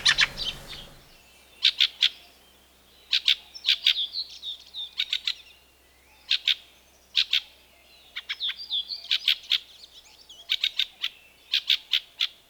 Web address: Fieldfare